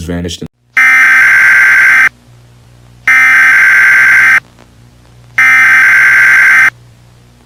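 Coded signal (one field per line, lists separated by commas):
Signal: Emergency Alert System (SAME) tones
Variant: header bursts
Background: speech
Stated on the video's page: Fictional EAS scenario.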